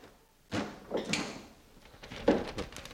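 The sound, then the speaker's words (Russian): A window being opened: a sudden wooden knock and rattle, followed by a few scraping, creaking bursts and another clattering jolt, moderately loud with no voices. “Помогите мне открыть окно!”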